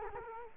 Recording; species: mosquito wingbeat signal from an infrared sensor; Culex quinquefasciatus